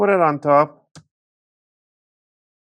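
Someone talks as the plastic bottom cover of a Lenovo LOQ 15IAX9 Gen 9 laptop is set on top of the laptop and lined up before its corners are pushed down to snap its clips onto the palm rest chassis. A single short hit at 0.95 s is most likely the cover being set down, followed by silence. Nothing has seated or clicked yet.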